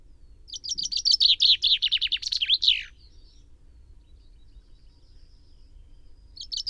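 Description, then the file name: Common chaffinch singing one bright, rattling song that speeds down the scale and ends in a flourish. After a quiet gap, the next song starts at the very end. "Fringilla coelebs"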